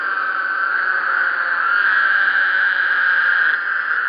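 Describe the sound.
A dense Woodhouse's toad chorus: unbroken, rasping buzz of many toads trilling at once, growing slightly louder midway.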